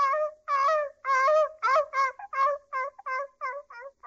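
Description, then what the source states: Dog giving drawn-out, tonal whines that shorten into quick yelps, about a dozen cries in steady succession. Dog whining from pain.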